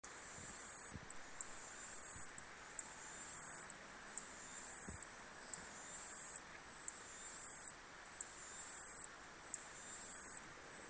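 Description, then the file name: Japanese bush cricket song: high, hissing, buzzy bursts repeated in a steady rhythm, each burst swelling then cutting off, over a quiet background. "umaoi"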